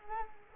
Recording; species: mosquito wingbeat signal from an infrared sensor; Culex quinquefasciatus